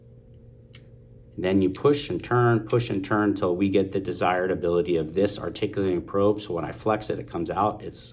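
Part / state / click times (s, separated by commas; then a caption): articulating surgical probe into pistol grip handle / seated / 0.7 s. A metal articulating surgical probe is pushed into a spring-loaded ring, or pistol grip, handle and clicks into place at 0.8 seconds with a short, sharp tick over a quiet background. Someone then talks about pushing and turning the probe to set its articulation.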